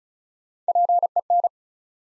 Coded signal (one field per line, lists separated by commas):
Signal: Morse code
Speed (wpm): 36 wpm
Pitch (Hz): 700 Hz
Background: none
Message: PEN